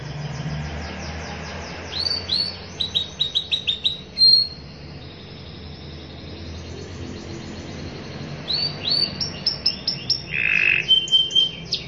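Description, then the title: Canary singing two phrases of rapid high chirped notes separated by a quiet gap, with a brief whistled tone and a buzzy note mixed in. Long, continuous singing in the 'cengkok' style of varied phrasing, described as fancy and 'gacor', meaning singing vigorously. "Cengkok Kenari Mewah. Kenari gacor panjang"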